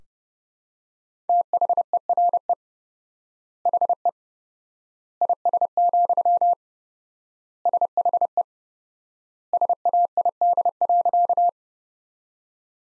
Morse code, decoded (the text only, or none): THERE HE IS, SHE SAID.